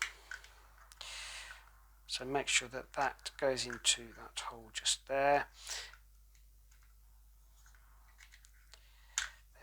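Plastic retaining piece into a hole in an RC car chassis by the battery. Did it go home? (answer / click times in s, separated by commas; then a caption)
yes / 9.2 s. On an RC truggy, a plastic retaining piece near the battery is pushed into a hole in the chassis while someone talks, with a few small handling clicks around it. A sharp click at 9.2 s marks the piece seating securely in the hole.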